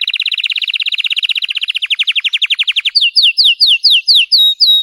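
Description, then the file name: Canary (Belgian, red frosted): canary song: a fast trill slowing into spaced notes, then a series of clear downslurred whistled notes. Belgian canary, red frosted variety. "canto do canario belga vermelho nevado"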